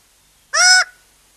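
Raggiana bird-of-paradise giving a single loud, harsh, nasal call, a brief honking note under half a second long against an otherwise quiet background.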